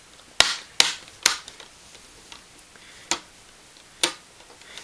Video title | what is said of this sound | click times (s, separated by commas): Lenovo V570 Screen Replacement | these bottom ones are hard with this go along and they'll snap right in no | 0.4 s, 0.8 s, 1.3 s, 3.1 s, 4.0 s